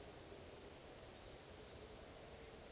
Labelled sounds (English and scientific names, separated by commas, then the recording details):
Eurasian Woodcock (Scolopax rusticola) whistle
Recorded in Baden-Württemberg, Germany, on 11 June 2020 at 20:09 UTC
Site 41501, 195 m above sea level